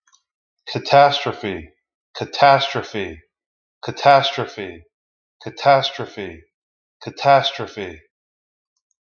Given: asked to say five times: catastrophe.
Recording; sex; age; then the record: repeated word; male; 40 to 49 years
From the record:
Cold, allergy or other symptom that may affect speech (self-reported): no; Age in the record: 44 years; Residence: Florida, United States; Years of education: 16